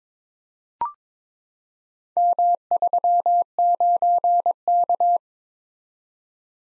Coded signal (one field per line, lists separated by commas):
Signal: Morse code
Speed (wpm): 22 wpm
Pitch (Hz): 700 Hz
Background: none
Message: M39K